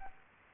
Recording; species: mosquito wingbeat signal from an infrared sensor; Aedes albopictus